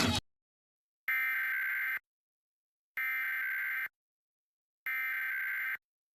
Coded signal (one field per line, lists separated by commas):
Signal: Emergency Alert System (SAME) tones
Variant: header bursts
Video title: Eas monthly test